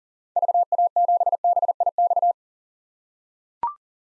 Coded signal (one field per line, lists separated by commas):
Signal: Morse code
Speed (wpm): 40 wpm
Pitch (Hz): 700 Hz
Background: none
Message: VA7BIX